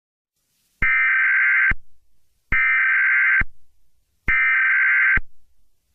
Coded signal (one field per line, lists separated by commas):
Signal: Emergency Alert System (SAME) tones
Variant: header bursts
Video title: Koopas Part 1 - Tt inc. Original Video Game EAS Mock